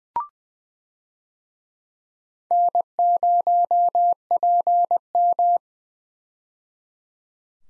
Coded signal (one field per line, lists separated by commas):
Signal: Morse code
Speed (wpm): 20 wpm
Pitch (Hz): 700 Hz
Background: none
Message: N0PM